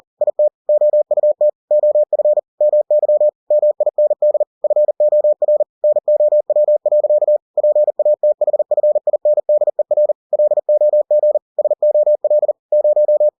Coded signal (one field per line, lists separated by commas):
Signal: Morse code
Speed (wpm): 40 wpm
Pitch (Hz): 600 Hz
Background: none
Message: IT OUT OF MY MIND FOR NOW. PATHFINDER LOG SOL 0